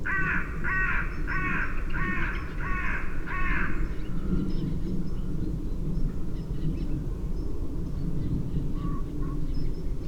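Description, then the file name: Carrion crow calling a quick series of harsh caws at the start, followed by a low steady rumble with only faint bird notes. "Corvus corone"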